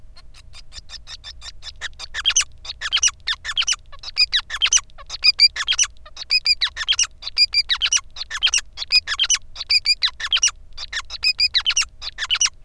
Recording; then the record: song of a male Bengalese finch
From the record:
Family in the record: son of father 5